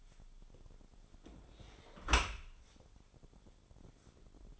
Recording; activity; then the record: daily activity, microphone in the room; close dishwasher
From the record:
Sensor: 5